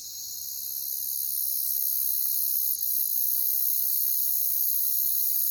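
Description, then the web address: Cricket chorus rising to a constant shrill, high trill that holds steady throughout, with one brief faint click near the middle. "Sleep Sounds of Nature CRICKETS"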